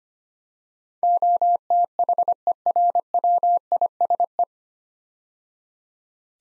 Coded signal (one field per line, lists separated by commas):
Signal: Morse code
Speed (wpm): 25 wpm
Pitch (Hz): 700 Hz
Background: none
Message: OTHERWISE